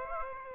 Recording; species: mosquito wingbeat signal from an infrared sensor; Aedes aegypti